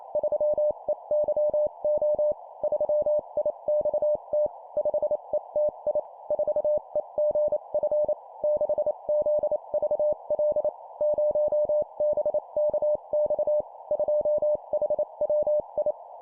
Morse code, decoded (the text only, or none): 3EYO 3IXT 5ETI 4EGF 6ZVL 0BKX 2HWI